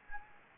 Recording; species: mosquito wingbeat signal from an infrared sensor; Anopheles gambiae